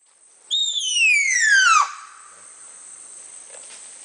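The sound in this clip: Baird's tapir giving a single shrill whistle that starts high and glides smoothly downward for just over a second, followed by quiet hiss.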